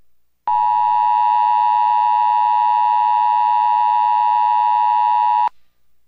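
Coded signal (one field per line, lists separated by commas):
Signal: Emergency Alert System (SAME) tones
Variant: 853 and 960 Hz attention tone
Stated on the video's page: Failed alert broadcast in Puerto Rico.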